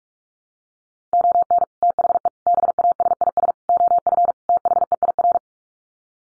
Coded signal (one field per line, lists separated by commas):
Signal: Morse code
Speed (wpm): 44 wpm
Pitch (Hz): 700 Hz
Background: none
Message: ON THE BASIS OF THEIR